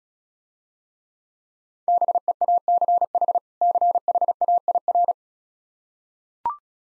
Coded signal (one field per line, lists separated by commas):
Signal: Morse code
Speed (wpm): 36 wpm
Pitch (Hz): 700 Hz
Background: none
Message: BEACH CHAIR